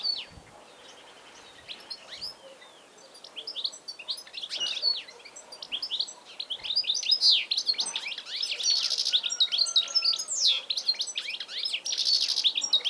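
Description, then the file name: European goldfinch calls, quiet opening then building into busy, high-pitched twittering with buzzy trills and rapid chirps. "Carduelis carduelis"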